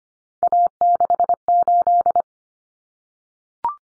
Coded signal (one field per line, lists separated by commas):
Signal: Morse code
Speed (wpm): 25 wpm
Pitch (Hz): 700 Hz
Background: none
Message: A68